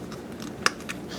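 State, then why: Seated. A plastic arm of a build-a-figure action figure is pushed into the ball socket of the plastic torso piece. A sharp click sounds at 0.7 s, followed by a softer tick at about 0.9 s. The arm seats in the torso.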